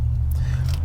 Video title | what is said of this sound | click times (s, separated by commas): Mylink Radio Retro Fitted In 2010-11 Camaro SS! | sorry if it can't focus, but this is big enough where it fit down up in there and it's going to click in place. | 0.3 s